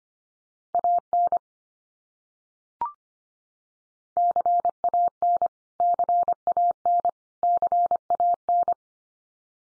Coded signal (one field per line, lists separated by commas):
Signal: Morse code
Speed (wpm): 25 wpm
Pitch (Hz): 700 Hz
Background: none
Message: AN CAN CAN CAN